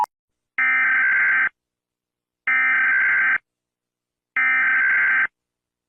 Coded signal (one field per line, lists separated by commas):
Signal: Emergency Alert System (SAME) tones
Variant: header bursts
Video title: compilation of all the eas alarms from every country (READ DESC)